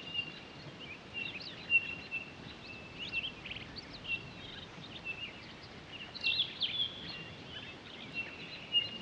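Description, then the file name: Townsend's solitaire giving short, steady, clear whistled notes at irregular intervals, with a few scattered twittery notes in a soft, hissy background. Recorded 23 October 2011. "20111023 townsends-solitaire"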